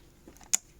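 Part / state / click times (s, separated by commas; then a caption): laptop RAM module into memory slot / seated / 0.6 s. A second RAM module is pressed down into the memory slot of a Dell Inspiron M4800 laptop. Two faint ticks come at about 0.4 s, then a sharp, loud snap at 0.6 s as the module clicks home and seats in place.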